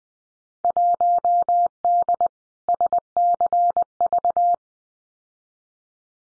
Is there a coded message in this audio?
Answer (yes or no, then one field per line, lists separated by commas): yes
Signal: Morse code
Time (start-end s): 0.6-4.5 s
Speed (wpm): 20 wpm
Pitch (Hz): 700 Hz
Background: none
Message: 1D SCV